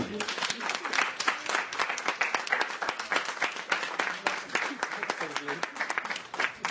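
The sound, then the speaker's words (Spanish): Sustained applause from a crowd, dense overlapping claps forming a steady crackling roar for several seconds, with occasional voices mixed in beneath it. “¡Un aplauso!”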